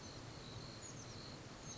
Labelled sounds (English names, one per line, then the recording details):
Oak Titmouse
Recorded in Sonoma County, California